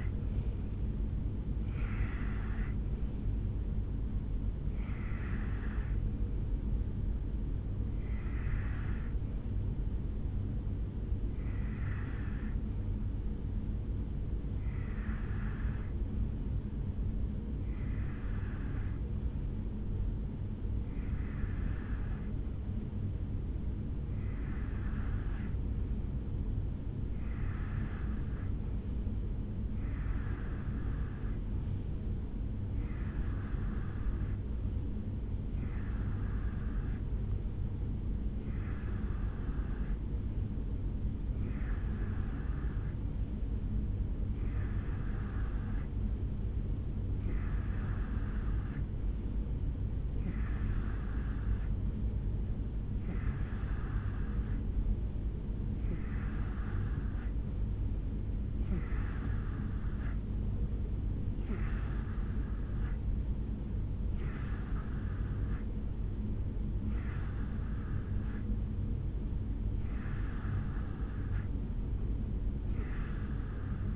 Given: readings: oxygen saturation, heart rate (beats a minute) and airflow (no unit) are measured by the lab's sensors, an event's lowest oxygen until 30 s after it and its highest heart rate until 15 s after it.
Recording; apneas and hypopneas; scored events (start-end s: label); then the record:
breathing in sleep by a smartphone at the bedside; 1
8.00-63.30 s: hypopnea (N1, oxygen 97% highest, then 89% lowest, heart rate 59 at the start, 69 highest)
10.00-70.00 s: new sleep stage, N2 (light sleep)
70.00-73.96 s: new sleep stage, N3 (deep sleep)
From the record:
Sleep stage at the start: N1 (lightest sleep); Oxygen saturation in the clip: 87 to 97%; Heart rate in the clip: 56 to 73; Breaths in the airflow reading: 25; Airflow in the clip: -3.2 to 4.1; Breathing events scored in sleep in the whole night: 449 in 7.0 hours asleep